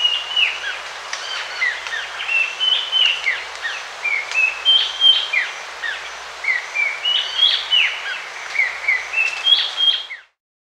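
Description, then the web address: Amazonian streaked antwren giving thin, high chipping notes and short downslurred whistles, delivered rapidly in loose repeated series, with a faint steady hiss behind. Bolivia. "Natures Songs S America Birds of the Amazon 2. Amazonian [Streaked] Antwren (Myrmotherula multostriata), Bolivia"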